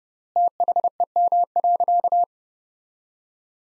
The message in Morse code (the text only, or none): THEM.